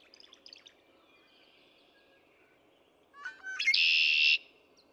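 Red-winged Blackbird song near the end, clicking lead-in notes then a loud harsh trill; earlier, faint chips and a thin whistle.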